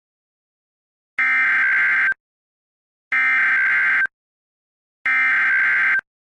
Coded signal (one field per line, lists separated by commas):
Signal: Emergency Alert System (SAME) tones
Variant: header bursts